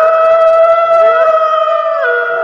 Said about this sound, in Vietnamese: Tiếng hú vang vọng liên hồi, quẩn quanh giữa núi rừng trùng điệp.